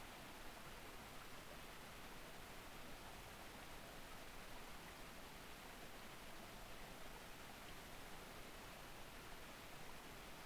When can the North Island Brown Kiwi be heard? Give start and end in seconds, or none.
none